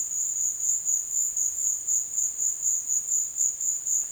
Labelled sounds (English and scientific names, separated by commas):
none